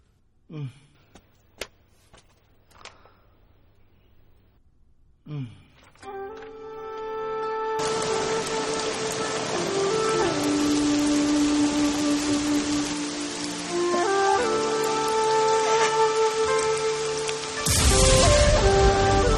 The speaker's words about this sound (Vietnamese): Sư phụ, trời mưa rồi.